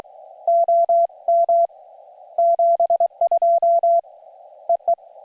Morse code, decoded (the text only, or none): OM 72 EE